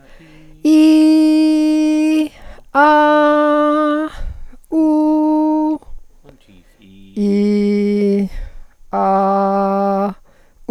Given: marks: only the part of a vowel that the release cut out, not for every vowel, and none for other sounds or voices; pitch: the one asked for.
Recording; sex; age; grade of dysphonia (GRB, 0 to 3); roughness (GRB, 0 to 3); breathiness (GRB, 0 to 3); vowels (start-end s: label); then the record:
sustained vowels; female; 50 to 59 years; 0; 0; 0
0.71-2.02 s: vowel /i/, high pitch
2.86-3.93 s: vowel /a/, high pitch
4.82-5.70 s: vowel /u/, high pitch
7.28-8.16 s: vowel /i/, low pitch
9.06-9.96 s: vowel /a/, low pitch
From the record:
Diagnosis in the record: psychogenic dysphonia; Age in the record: 58 years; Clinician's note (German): Ponogen